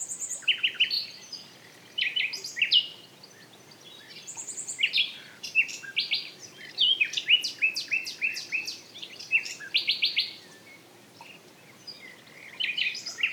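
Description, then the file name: Common nightingale in full song, pouring out varied phrases of staccato chips, harsh rattles and fast trills with short pauses between bursts. "Luscinia megarhynchos"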